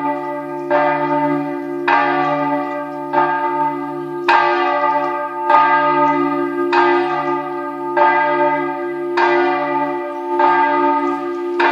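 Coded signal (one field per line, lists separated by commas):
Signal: bell signal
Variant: single swung bell (distesa)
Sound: a single church bell swinging steadily, about ten strokes with ringing overtones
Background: low motor hum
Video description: h. 12:00: segnale orario sulla mezzana Re3 e distesa della mezzana.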